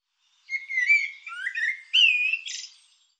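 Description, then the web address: Bird calling in a squeaky, slurred phrase: wavering whistled notes, a rising swoop, then a louder harsh note with buzzy overtones at the close. "cianscape birddata Deverinetal Bird Tu Me Tu Me"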